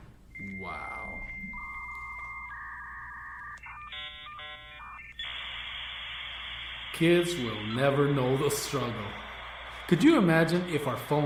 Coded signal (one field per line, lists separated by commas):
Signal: dial-up modem handshake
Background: speech